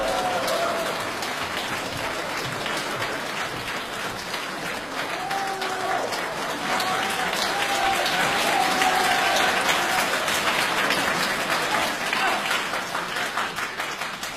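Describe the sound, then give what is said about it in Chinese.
An audience breaks into sustained applause welcoming crosstalk (xiangsheng) performers Shi Bufan and his master Li Jindou for the piece 'Wen Sanguo', a dense, steady rattle of many hands clapping that holds strong for the full stretch, with brief faint tones and murmurs showing through. “请大家欣赏相声《问三国》，表演者呢是优秀的青年相声演员史不凡和他的师父李金斗，掌声欢迎。”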